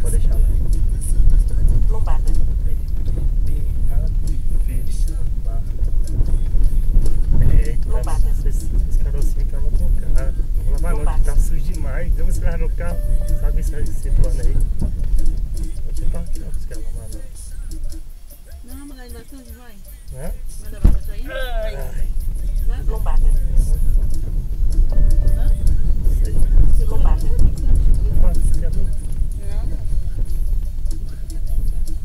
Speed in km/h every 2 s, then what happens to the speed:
16, 14, 12, 11, 10, 10, 11, 8, 3, 3, 8, 14, 15, 13, 11, 8.
0-7 slows to 10. 7-12 steady at about 10. 12-16 slows to 3. 18-23 speeds up to 15. 23-32 slows to 8.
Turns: none.